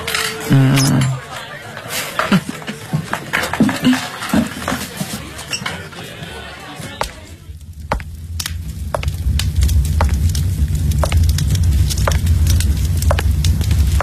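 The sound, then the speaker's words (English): A fireplace fire crackles with irregular sharp pops and snaps, dense and busy at first, then sparser clicks over a steady, soft low roar. “You mind if I share that fireplace with you?”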